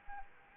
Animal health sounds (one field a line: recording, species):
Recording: mosquito wingbeat signal from an infrared sensor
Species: Anopheles arabiensis